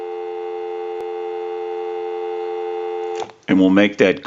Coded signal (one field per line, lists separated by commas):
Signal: telephone call progress tone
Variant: North America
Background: speech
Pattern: dial tone